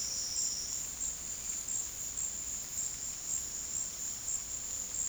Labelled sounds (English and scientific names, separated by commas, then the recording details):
none
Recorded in secondary vegetation near Puerto Asís, Putumayo, Colombia, on 18 February 2024 at 13:30
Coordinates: 0.468, -76.324
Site G6381